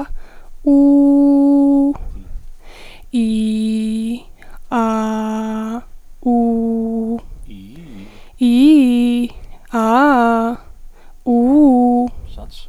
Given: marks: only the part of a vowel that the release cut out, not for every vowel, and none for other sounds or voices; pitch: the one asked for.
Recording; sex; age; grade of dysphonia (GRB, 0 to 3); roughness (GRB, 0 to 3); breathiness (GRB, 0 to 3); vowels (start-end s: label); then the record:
sustained vowels; female; 20 to 29 years; 1; 1; 0
0.79-1.76 s: vowel /u/, high pitch
3.24-3.96 s: vowel /i/, low pitch
4.83-5.63 s: vowel /a/, low pitch
6.37-7.00 s: vowel /u/, low pitch
8.48-9.17 s: vowel /i/, low-high-low pitch
9.80-10.45 s: vowel /a/, low-high-low pitch
11.36-12.00 s: vowel /u/, low-high-low pitch
From the record:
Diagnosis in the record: healthy voice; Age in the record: 20 years